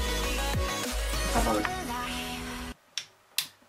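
A cable connector is plugged into the socket on a Tonor USB microphone while music plays, and the music cuts off at about 2.7 s. Two sharp clicks follow at 3.0 s and 3.4 s as the connector seats in the microphone.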